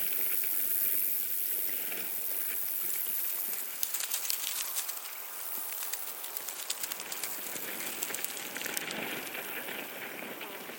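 A summer field recording at Badbury Rings in Dorset: a steady, bright hiss filled with dense patter and crackle, like rain or brittle ticking. Sharper bursts of clicks cluster from about four seconds and again near nine, with a slight dip around five. There is almost no low rumble.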